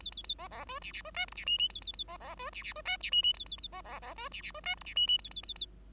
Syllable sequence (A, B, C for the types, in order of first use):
A A A B B C D D C E F D G G A A A B B C D D C E D G G A A A B B B C D D C E F D G G A A A A